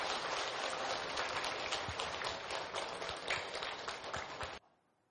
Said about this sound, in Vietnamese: Xin đạo tràng cho một tràng pháo tay để cùng đón Thượng Tọa Quang Lâm.